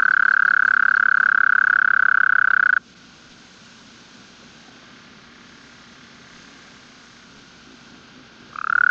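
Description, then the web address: Toad calling with a loud, rapid pulsed trill at steady pitch for nearly three seconds, then quiet, with a new trill beginning right at the end. "Bufonidae"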